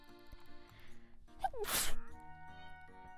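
A single sneeze: a brief rising, voiced intake of breath followed by a sharp, explosive burst of air lasting about a quarter second. It is an ordinary sneeze, with a faint steady tonal hum in the background.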